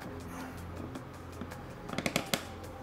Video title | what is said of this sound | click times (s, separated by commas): The CHEAPEST mod you NEED for your BMW G8X rear bumper - M3, M4 | it kind of feels like it's getting pressure gets tight but then it's a pretty loud click | 2.3 s